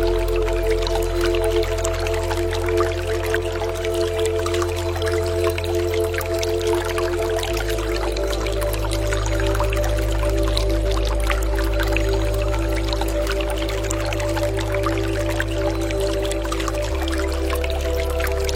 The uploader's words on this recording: Comfortable stream.